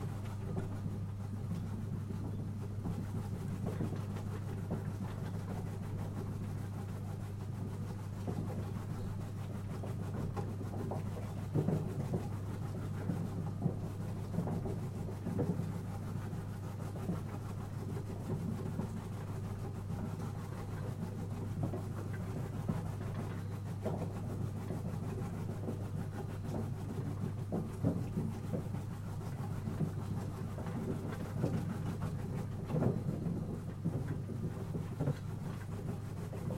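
A shredding machine turns washed daikon radish into thin strips, running with a steady, deep mechanical hum that holds an even level throughout. Brief knocks and clatters cut through at irregular moments, clustering around the middle and toward the end.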